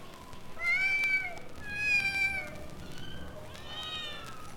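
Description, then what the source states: Domestic cat kitten meowing: several high meows about a second apart. Kittens at an animal pound.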